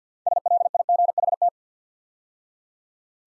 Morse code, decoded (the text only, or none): SLIGHT